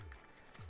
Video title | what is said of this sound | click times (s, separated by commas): Star Wars Stormtrooper Blaster REVIEW - TroopaCoola JMC E-11 | it then locks into place so the magazine release button here is actually | 0.1 s